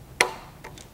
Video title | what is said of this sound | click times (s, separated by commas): How To Adjust the height on a Scotts Classic Reel Mower | you'll hear it click into place | 0.2 s